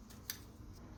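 During a Katana carburetor rebuild, a small brass jet part is turned in the aluminum carburetor body until it pops into its seat. A faint soft tick at 0.1 seconds precedes a sharp, short, bright click at 0.3 seconds over a low, steady background hum. The jet is seated.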